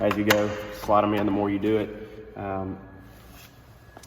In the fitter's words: so the batteries click in this this fan is powered by those um